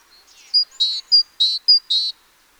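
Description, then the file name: Great tit calls: thin high whistled notes alternating with harsh buzzy notes, three pairs in quick succession. "Parus major"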